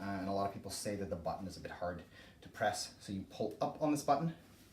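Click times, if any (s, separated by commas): none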